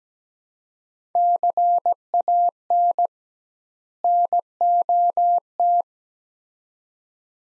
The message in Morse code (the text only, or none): CAN NOT